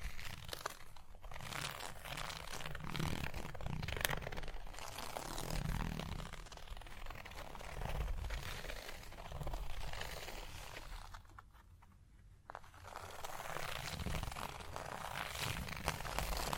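Dense, continuous tapping and scratching on a surface, with quick irregular taps and raspy strokes layered almost without pause. Occasional sharper clicks stand out, around the 4-second mark especially. Near 12 seconds the sound thins into a brief quieter stretch before the busy scratching resumes.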